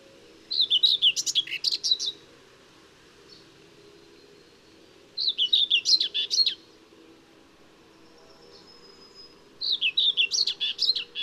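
Common whitethroat repeating short, busy, scratchy warbled phrases three times, roughly every four to five seconds, with near silence between.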